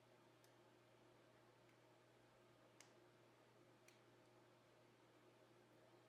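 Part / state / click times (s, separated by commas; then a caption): button half of a car key fob with its circuit board into the fob case / seated / 2.8 s, 3.9 s. The plastic button half of a Mazda car key fob, holding the circuit board, is snapped back onto the fob case. Two short clicks sound at 2.8 and 3.9 seconds over a steady low hum as the clips engage, and the button half is seated.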